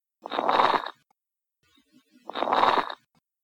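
Two noisy breaths with a rough, bubbling crackle texture: coarse crackles (coarse rales), an abnormal breath sound heard over adult lungs through a stethoscope.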